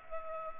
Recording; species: mosquito wingbeat signal from an infrared sensor; Culex pipiens